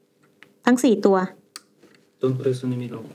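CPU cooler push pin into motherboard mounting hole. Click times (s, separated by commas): 0.4 s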